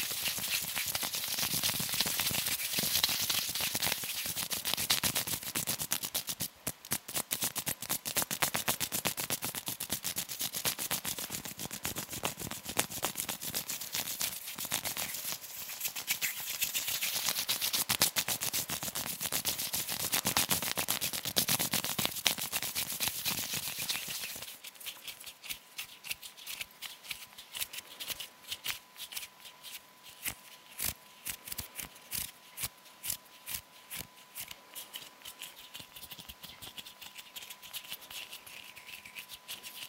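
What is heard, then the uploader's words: Hands rub and flutter in a dense, bright, hissing rush for the first twenty-four seconds. Then the sound thins to sparse dry crackles and ticks, and a faint steady tone runs underneath until the end. Hand Sounds (Fluttering, Rubbing, Plucking, Hand Cream ...)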